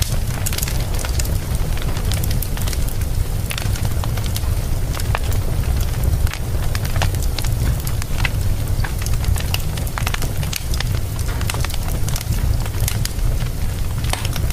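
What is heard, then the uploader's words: A wood fire crackles steadily in a fireplace, with a low, constant roar underneath. Sharp pops and snaps come thickly and irregularly throughout, some bright and louder than others, with no pause in the burning across the clip. This audio experience captures the essence of a wood-burning fire in stunning detail. A crackling fireplace.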